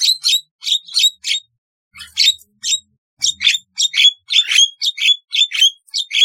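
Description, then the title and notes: Starling giving bright, high chirping notes in quick doublets, repeated almost twice a second with a short pause near the middle; faint low thumps underneath. "Kicau Burung Jalak"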